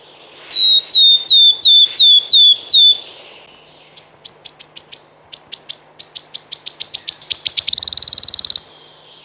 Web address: Przyroda Ptaki Świstunka leśna